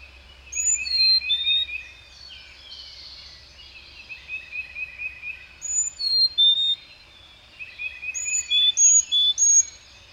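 Bird song: sharp high whistled notes mixed with fast twittering trills, delivered in repeated bursts with short pauses between phrases.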